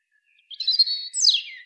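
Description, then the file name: European robin singing a short fragment of high, thin notes, then a sharp downward slur. "Erithacus rubecula"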